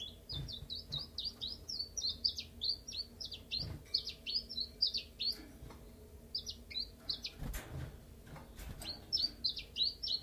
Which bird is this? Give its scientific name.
Phylloscopus collybita